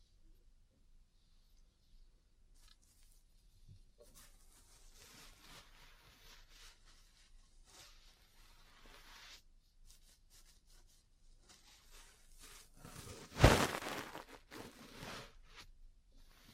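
Soft rustling and scratching from ear cleaning and massage builds gradually, with one sharp loud tap or pop around thirteen seconds.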